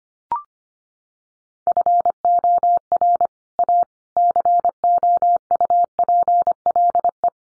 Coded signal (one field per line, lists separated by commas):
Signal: Morse code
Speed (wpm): 25 wpm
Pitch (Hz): 700 Hz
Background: none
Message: FOR A COUPLE